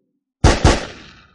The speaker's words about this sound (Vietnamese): 2 tiếng nổ đột nhiên vang lên, 2 viên đạn trong nháy mắt xé không khí, bắn về phía mấy người tiểu đội hỏa chùy xa xa, đang giải phẫu thi thể sông vĩ hổ miêu lấy tài liệu.